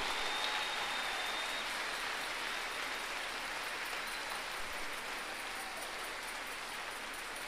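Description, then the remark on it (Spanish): A church audience applauds the Virgin Mary together in a steady, dense wash of clapping that holds an even loudness for several seconds, with no voices over it. “Un aplauso a la Virgen María.”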